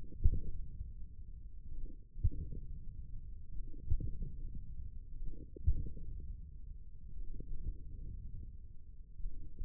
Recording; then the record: forearm muscle sounds (acoustic myography)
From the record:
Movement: wrist extension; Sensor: system 1, eight BSWA MPA416 microphones around the upper forearm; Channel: 2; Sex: male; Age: 42 years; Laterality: right